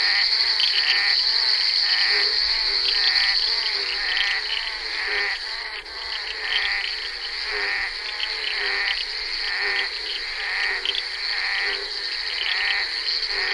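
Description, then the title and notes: Dense bullfrog chorus of rapid, overlapping pulsed croaks, several per second, mixed with a loud continuous high whine. Recorded during the filming of Henri Duparc's Bal poussière, February 1988. "crapaux buffle. enregistré sur le tournage Bal poussière dhenri duparc en février 1988"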